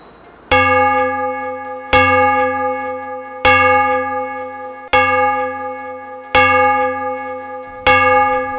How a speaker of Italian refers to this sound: Le campane della chiesa del villaggio suonano le 6 e mi devo alzare, altrimenti i miei fratelli mi rubano il turno in bagno.